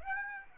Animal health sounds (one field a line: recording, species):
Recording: mosquito wingbeat signal from an infrared sensor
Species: Aedes aegypti